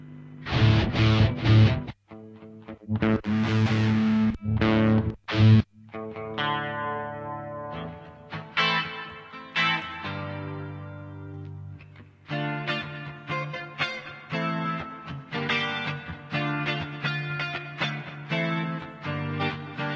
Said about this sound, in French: Vachement de réverb sur ces trucs.